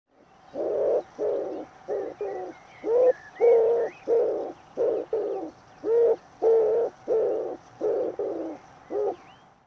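Bird giving many short, low hoarse notes in a long series of phrases, with a few faint higher chirps above.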